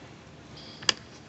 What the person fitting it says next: there we go you can hear it click